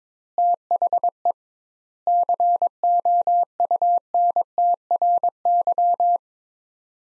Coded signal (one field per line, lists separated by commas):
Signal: Morse code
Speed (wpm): 22 wpm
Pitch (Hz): 700 Hz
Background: none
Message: THE COUNTRY